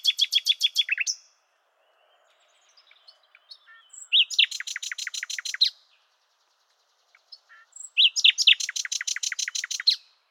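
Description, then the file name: Common nightingale song: three loud phrases of rapid, evenly repeated sharp notes, separated by pauses with a few faint scattered notes. "Luscinia megarhynchos"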